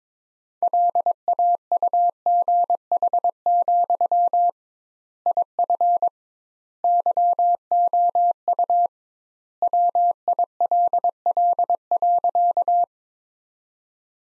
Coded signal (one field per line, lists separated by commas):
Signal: Morse code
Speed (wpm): 22 wpm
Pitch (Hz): 700 Hz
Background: none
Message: LAUGH, IF YOU WILL.